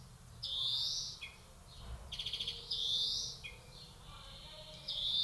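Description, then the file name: European greenfinch giving long rising wheezy notes, each followed by a brief trill, repeated. "Chloris chloris"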